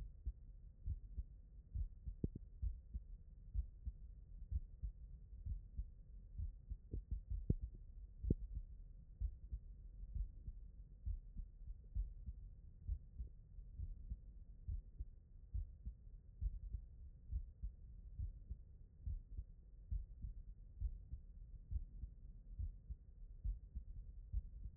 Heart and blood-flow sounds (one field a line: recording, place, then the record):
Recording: heart sounds by stethoscope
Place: tricuspid valve (TV)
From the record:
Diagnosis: non-HFrEF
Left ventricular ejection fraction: 60%